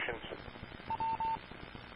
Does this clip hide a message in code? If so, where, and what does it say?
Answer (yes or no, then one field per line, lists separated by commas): no